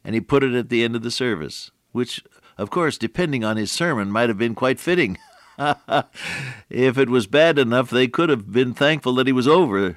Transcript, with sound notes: And he put it at the end of the service, which, of course, depending on his sermon might have been quite fitting. [chuckle] If it was bad enough, they could’ve been thankful that he was over.